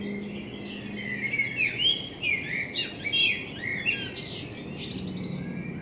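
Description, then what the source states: Common blackbird singing one long phrase, mellow warbled notes running into a high twitter, over low background noise. Binaural recording with a self-built dummy head, in front of the recordist's window; intended for headphone listening.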